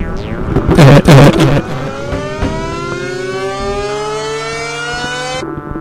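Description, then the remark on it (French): A fire alarm siren winds up: after a short loud burst of noise, a harmonic wailing tone climbs slowly and steadily in pitch for several seconds, then cuts off abruptly. “Ah les gars, faut que j'aille, il y a une alarme, il y a le feu je crois, salut.”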